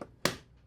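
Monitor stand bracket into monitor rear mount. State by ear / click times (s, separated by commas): seated / 0.2 s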